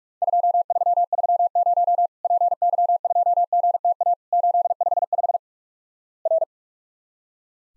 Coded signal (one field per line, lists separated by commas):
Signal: Morse code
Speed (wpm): 46 wpm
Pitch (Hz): 700 Hz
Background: none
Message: 2330 PY2GTA 855 R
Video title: Worked All Europe DX Contest QTC Exchange 45wpm